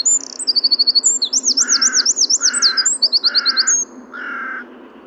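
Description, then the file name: Eurasian wren song: a loud, rapid cascade of high, sharply trilled and rattling notes. A separate, lower buzzy note repeats about once a second underneath from about 1.5 seconds. "Troglodytes troglodytes"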